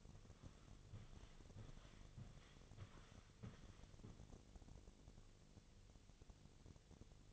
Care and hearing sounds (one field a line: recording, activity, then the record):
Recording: daily activity, microphone in the room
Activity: walk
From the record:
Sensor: 4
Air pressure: 1001.3 hPa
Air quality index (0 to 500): 177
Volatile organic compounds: 2 ppm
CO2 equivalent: 1270 ppm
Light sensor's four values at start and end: 14/33/13/13 and 14/33/13/13